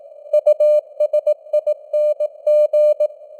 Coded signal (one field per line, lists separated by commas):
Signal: Morse code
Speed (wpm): 18 wpm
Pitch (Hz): 600 Hz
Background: none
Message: USING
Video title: Morse Code News | 2025-12-12 | 18wpm